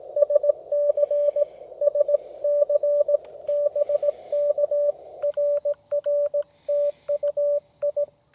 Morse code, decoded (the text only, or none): SC SC BK RR TU I